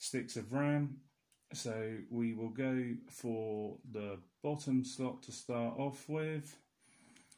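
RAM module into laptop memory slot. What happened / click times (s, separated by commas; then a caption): The memory module is only being positioned; no seating click yet / none. A Samsung-branded RAM stick is lined up at the bottom memory slot of a Toshiba Tecra A9 laptop. Someone talks for most of the clip, followed by a few faint handling taps near 7.2 and 7.3 s. Nothing has seated or clicked yet.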